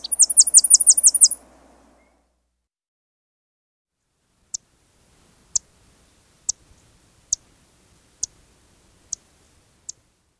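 Tennessee warbler song ending in a fast high trill, followed by single sharp high chips spaced about a second apart in silence.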